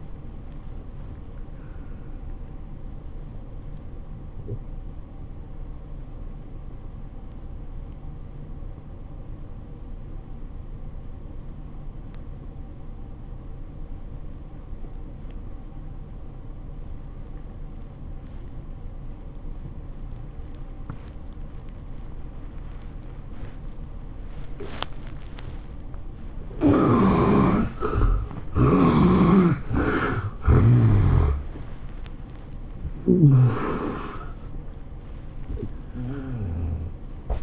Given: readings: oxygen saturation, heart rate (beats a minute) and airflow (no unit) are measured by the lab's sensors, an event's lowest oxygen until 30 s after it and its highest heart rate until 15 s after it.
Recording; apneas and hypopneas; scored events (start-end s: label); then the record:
breathing in sleep by a smartphone at the bedside; 1
4.00-27.00 s: obstructive apnea (N2, oxygen 94% highest, then 65% lowest, heart rate 96 at the start, 112 highest)
From the record:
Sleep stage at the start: N2 (light sleep); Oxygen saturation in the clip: 65 to 94%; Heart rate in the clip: 75 to 111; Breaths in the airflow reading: 4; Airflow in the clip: -8.5 to 12.3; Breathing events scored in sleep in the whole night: 403 in 5.5 hours asleep